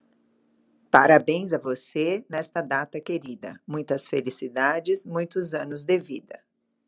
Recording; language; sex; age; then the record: short text; Brazilian Portuguese; female; 50 to 59 years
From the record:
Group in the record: control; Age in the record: 55 years